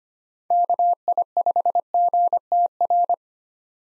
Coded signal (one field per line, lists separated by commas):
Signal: Morse code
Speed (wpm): 25 wpm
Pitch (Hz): 700 Hz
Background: none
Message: KI5GTR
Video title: 2023 POTA Activator Call Signs - 25wpm